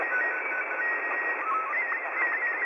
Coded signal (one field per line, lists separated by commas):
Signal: SSTV (slow-scan television)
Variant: Robot 24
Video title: Receiving SSTV from far away is really easy...